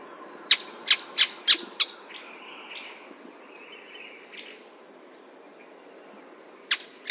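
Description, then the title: Canebrake groundcreeper calls: a quick run of five sharp, clipped notes, then a pause and two more, over a steady high whine. "LuckyPassaro Completos2Sama. Canebrake Groundcreeper (Clibanornis dendrocolaptoides)"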